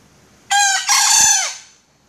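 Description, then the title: Junglefowl calling once: clipped first syllable, then a sustained hoarse syllable with a falling tail, a faint low thump in the middle. Female; call described as melodious. "Suara Ayam Hutan Betina. Suara ayam hutan merdu"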